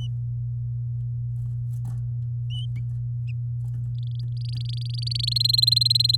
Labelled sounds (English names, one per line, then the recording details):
Domestic Canary song
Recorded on 6 May 2018 at 08:16
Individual llb16